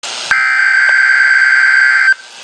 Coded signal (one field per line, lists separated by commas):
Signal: Emergency Alert System (SAME) tones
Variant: header bursts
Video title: {RARE!!} Particularly Dangerous Situation (PDS) Tornado Watch #5 (EAS # 315)